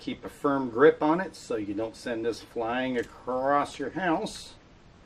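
Someone talks while the recoil spring plug is pushed down against spring pressure and the barrel bushing is turned on the steel slide of a 1911 pistol. The plug and bushing are still being handled and have not snapped into place, so nothing has seated or clicked yet.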